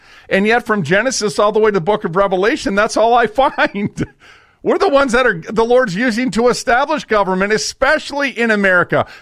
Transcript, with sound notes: And yet from Genesis all the way to the Book of Revelation, that's all I find. (laughs) We're the ones that are g- the Lord's using to establish government, especially in America.